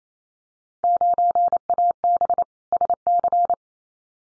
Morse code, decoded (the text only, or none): 9AB SC